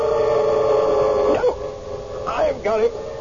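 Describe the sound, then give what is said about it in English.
A small white dog with a curly tail yelps and howls in a few short bursts of high, wavering cries that rise and fall in pitch, sounding over a steady droning hum. “See him? Little white dog, curly tail.”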